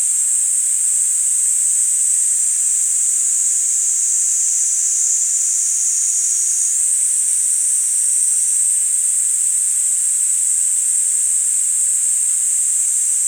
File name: Platypleura kaempferi